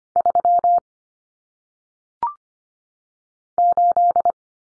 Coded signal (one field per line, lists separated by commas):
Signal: Morse code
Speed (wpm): 25 wpm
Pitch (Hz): 700 Hz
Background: none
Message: 3 8